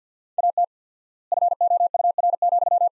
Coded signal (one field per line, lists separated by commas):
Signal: Morse code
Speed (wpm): 50 wpm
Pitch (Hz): 700 Hz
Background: none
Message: AT FOUR,